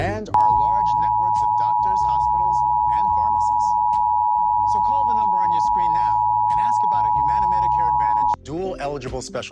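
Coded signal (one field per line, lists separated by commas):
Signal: Emergency Alert System (SAME) tones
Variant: 853 and 960 Hz attention tone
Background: speech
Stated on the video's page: National Periodic Test of the Emergency Alert System as carried by San Antonio television and radio stations and smaller-market stations.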